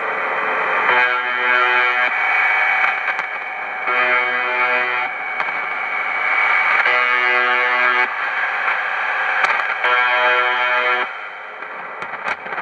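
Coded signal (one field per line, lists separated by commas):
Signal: channel marker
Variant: UVB-76 (The Buzzer)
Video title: UVB-76 The Buzzer / Tecsun PL-660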